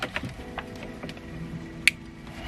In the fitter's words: we get a click that's a bonus